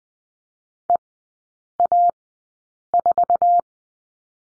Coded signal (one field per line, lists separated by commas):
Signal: Morse code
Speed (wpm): 20 wpm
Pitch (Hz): 700 Hz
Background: none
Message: EA4